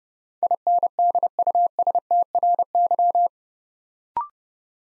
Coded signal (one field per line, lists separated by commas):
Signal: Morse code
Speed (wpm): 30 wpm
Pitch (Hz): 700 Hz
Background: none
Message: INDUSTRY